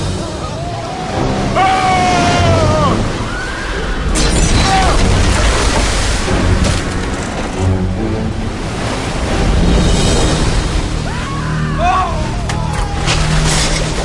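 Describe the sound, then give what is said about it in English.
Roaring sea waves surge and crash in a continuous, heavy rush of water that swells louder in rolling waves as the sea returns to its full depth in the morning, with brief human cries rising over the churning noise. “And when the morning appeared, the sea returned to its full depth, while the Egyptians were fleeing into it.”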